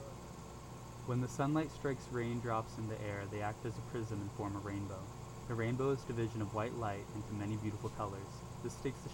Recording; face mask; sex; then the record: reading aloud; surgical mask; male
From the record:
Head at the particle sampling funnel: turned sideways, cheek in front of it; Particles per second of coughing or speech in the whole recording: 0.0258